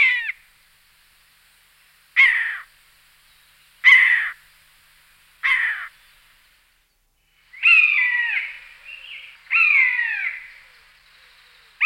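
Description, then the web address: Common buzzard calls: short harsh notes roughly every two seconds, then two longer drawn-out mewing cries that slide downward, with quiet gaps between. "Musvage"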